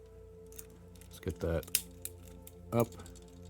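A plastic ratchet joint on a Pocket Toys Ruiner B transforming robot toy figure, in its combined mode, is handled and rotated upward while someone talks, with a few faint light taps and handling noises. Nothing has seated or clicked yet; the clip ends just before the joint clicks into position.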